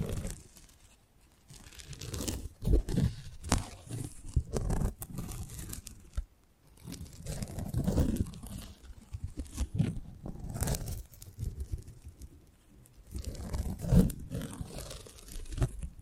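ASMR mic treatment: irregular crinkling, tearing and crunching sounds with soft rubbing, swelling and pausing, plus sharp taps near 2.5, 3.5 and 14 seconds.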